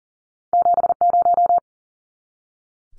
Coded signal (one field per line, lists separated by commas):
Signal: Morse code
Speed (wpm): 40 wpm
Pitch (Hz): 700 Hz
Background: none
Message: 70